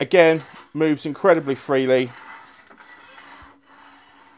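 Someone talks while the cast iron banjo is slid along the bed of a Record Power Coronet Herald wood lathe, followed by quiet rubbing and sliding sounds as it moves freely. The banjo's cam lock lever has not yet been pressed down, so nothing has seated or locked yet.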